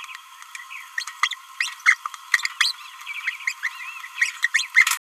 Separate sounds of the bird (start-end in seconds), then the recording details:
0.98-1.05, 1.60-1.70, 1.85-1.96, 2.60-2.74, 3.46-3.53, 3.62-3.70, 4.17-4.31, 4.42-4.49. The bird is a female. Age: 26 days. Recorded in a nest box in Venezuela. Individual 17B31A3